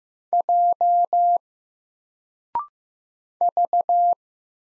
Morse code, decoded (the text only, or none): J V